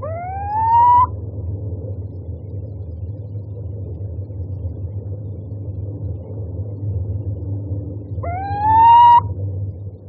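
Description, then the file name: Little owl giving two long, rising whistled hoots several seconds apart over a steady low rumble. "Sýček obecný"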